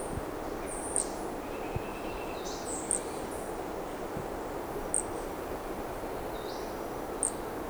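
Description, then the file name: Brachycephalus toadlet calling with four brief, high chirped notes around two seconds apart, with a faint buzzy insect sound and steady background hiss. Undetermined Brachycephalus species, individual 1, recorded at Corcovado; the first two notes of the call are missing. "MHNCI Brachycephalus sp ind 1 Corcovado two starting notes lost"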